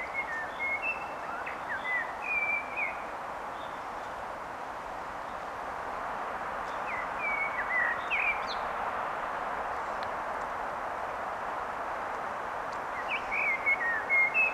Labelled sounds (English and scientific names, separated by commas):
Common Blackbird (Turdus merula) song